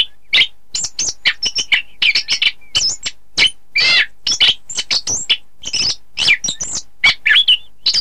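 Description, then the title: Thrush song, a dense rapid stream of varied whistles, chirps and slurred warbles, changing note almost every fraction of a second. "Suara Burung Anis"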